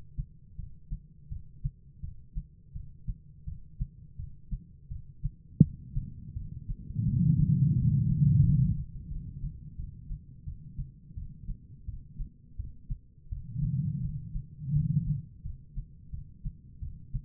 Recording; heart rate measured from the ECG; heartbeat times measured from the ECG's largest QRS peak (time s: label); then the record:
heart sounds by stethoscope; 85 bpm
0.56 s: heartbeat
1.29 s: heartbeat
2.01 s: heartbeat
2.73 s: heartbeat
3.45 s: heartbeat
4.17 s: heartbeat
4.89 s: heartbeat
5.61 s: heartbeat
6.34 s: heartbeat
7.05 s: heartbeat
7.75 s: heartbeat
8.43 s: heartbeat
9.09 s: heartbeat
9.77 s: heartbeat
10.45 s: heartbeat
11.15 s: heartbeat
11.86 s: heartbeat
12.57 s: heartbeat
13.29 s: heartbeat
14.01 s: heartbeat
14.73 s: heartbeat
15.43 s: heartbeat
16.11 s: heartbeat
16.80 s: heartbeat
From the record:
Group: healthy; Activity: breath hold 0-7 s, rest 7-17 s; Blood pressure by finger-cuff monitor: 136/87 mmHg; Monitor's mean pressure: 111 mmHg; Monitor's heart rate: 84 bpm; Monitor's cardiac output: 6.2 L/min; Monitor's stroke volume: 71 mL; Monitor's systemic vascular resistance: 1390 dyn s/cm5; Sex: female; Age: 51 years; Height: 162 cm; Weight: 70.04 kg